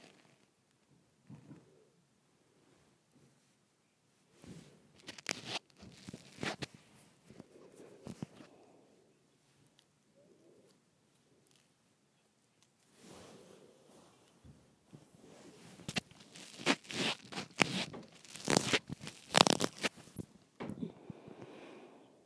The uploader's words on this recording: ASMR Twisting my Microphone.